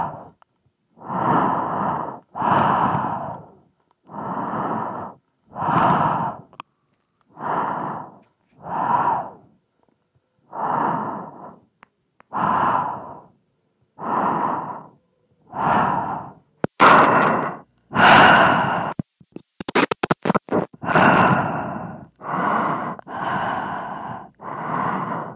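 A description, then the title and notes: Steady breathing into a microphone, about twenty rhythmic breaths with short silent gaps, plus clicky bursts and crackle around seventeen to twenty-one seconds. ASMR Microphone Breathing.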